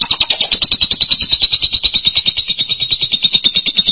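Lovebird chattering song, a fast unbroken string of high buzzy pulses, slightly falling in pitch at first, then level.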